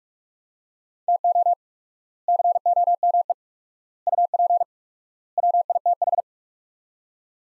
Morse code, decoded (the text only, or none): TO COME UP WITH